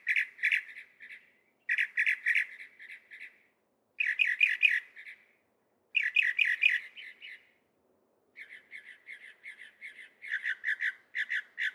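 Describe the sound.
Northern mockingbird song: harsh, buzzy phrases of several repeated notes, given in bursts with short pauses between.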